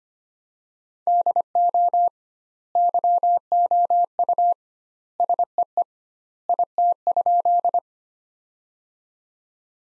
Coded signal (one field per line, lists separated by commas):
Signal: Morse code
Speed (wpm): 25 wpm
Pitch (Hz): 700 Hz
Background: none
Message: DO YOU SEE IT?